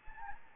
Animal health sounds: mosquito wingbeat signal from an infrared sensor; Anopheles gambiae

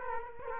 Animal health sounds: mosquito wingbeat signal from an infrared sensor; Culex quinquefasciatus

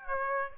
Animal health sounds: mosquito wingbeat signal from an infrared sensor; Aedes aegypti

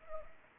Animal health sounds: mosquito wingbeat signal from an infrared sensor; Anopheles arabiensis

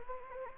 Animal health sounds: mosquito wingbeat signal from an infrared sensor; Anopheles gambiae

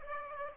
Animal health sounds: mosquito wingbeat signal from an infrared sensor; Aedes aegypti

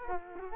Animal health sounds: mosquito wingbeat signal from an infrared sensor; Culex quinquefasciatus

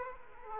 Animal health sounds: mosquito wingbeat signal from an infrared sensor; Aedes aegypti

